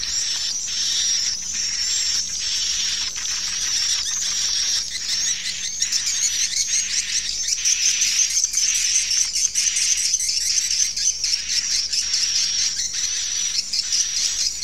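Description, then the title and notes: Swiftlets giving high, fast twittering chirps in a steady overlapping chorus, rising slightly in intensity midway through. Sound used in swiftlet bird farming in Asia. "Swiflet Bird Sound. Farming Swiflet Bird asia sound"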